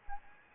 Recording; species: mosquito wingbeat signal from an infrared sensor; Anopheles gambiae